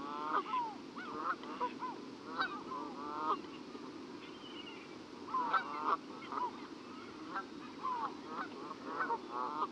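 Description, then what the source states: Canada Goose: canada Geese giving scattered nasal honks in short bursts over a steady background hiss. Several geese.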